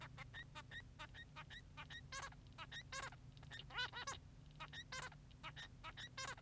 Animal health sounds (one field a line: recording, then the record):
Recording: song of a male Bengalese finch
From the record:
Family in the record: son of father 3